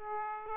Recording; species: mosquito wingbeat signal from an infrared sensor; Aedes aegypti